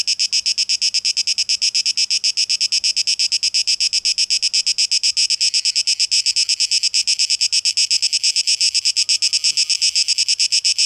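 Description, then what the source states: High, rapidly pulsed cicada drone continuing evenly, with a low hum and a brief faint tonal sound late. Cicadas in a tape echo mix, dated 12 August 2023.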